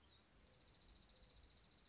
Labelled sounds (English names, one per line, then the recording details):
Dark-eyed Junco
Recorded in Sonoma County, California